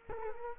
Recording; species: mosquito wingbeat signal from an infrared sensor; Culex quinquefasciatus